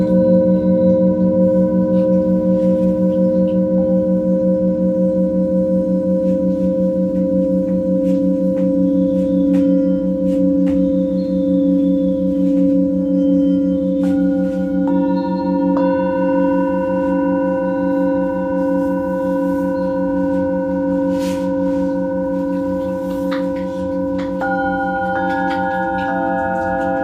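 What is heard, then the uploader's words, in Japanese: Singing bowls ring in a sustained, layered drone for sound healing, with a low hum that slowly wavers and pulses. Fresh, higher bowl tones enter around the middle and again near the end, overlapping the earlier ones. Faint small ticks scatter through the background. メキシコから シンギングボウルのサウンドヒーリング ライブ。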